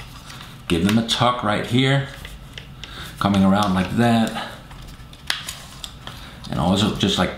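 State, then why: Seated. Someone talks while the folding plastic motor arm of a small GDU 02 drone is swung out on its hinge and pushed into the drone body. The arm locks into place with a small, sharp click at 5.3 s, among a few quieter handling taps.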